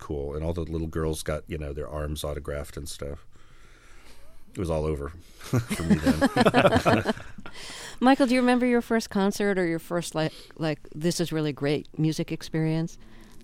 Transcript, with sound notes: And all the little girls got, you know, their arms autographed and stuff. It was all over for me then.
(Soundbite of laughter)
Michael, do you remember your first concert or your first - like, this is really great music experience?